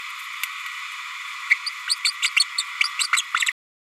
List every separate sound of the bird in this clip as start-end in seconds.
1.50-1.55, 1.66-1.70, 1.87-1.96, 2.04-2.11, 2.22-2.30, 2.36-2.44, 2.58-2.62, 2.99-3.07, 3.17-3.22